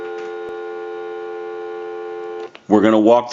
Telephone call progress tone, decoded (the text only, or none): dial tone